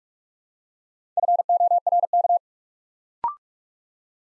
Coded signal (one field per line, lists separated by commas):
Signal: Morse code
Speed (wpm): 44 wpm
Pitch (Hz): 700 Hz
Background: none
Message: FORK